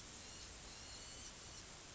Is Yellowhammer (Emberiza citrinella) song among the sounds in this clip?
no